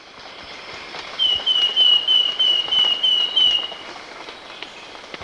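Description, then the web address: Wing-banded Wren giving a steady run of about eight clear, even whistled notes at one pitch over two seconds, with a soft hiss behind. Recorded in Ecuador. "Natures Songs S America Birds of Ecuador wing-banded Wren"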